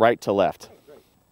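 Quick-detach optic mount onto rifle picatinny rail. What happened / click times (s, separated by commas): The mount is being handled but has not locked yet / none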